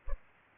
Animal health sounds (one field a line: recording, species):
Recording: mosquito wingbeat signal from an infrared sensor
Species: Culex pipiens